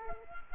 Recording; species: mosquito wingbeat signal from an infrared sensor; Culex quinquefasciatus